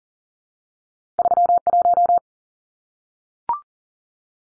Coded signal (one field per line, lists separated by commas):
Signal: Morse code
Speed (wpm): 40 wpm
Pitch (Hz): 700 Hz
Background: none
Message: 31